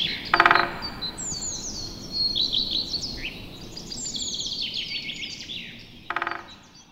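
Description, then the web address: Great spotted woodpecker giving two short, sharp, harsh call notes, one near the start and one near the end, over a busy chorus of high twittering songbirds. Recorded in a nature park. "Naturpark Canyon Audiodateien Buntspecht"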